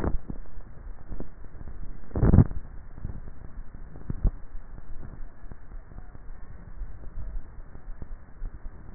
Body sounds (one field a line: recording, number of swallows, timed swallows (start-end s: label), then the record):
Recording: swallowing sounds by neck microphone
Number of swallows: 2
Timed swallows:
2.32-3.35 s: swallow
6.58-7.42 s: swallow
From the record:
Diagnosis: dysphagia